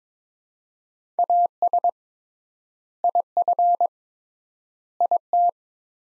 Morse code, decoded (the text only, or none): AS IF IT